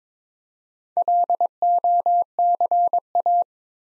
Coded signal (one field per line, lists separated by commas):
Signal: Morse code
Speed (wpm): 23 wpm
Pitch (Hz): 700 Hz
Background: none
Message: LOCA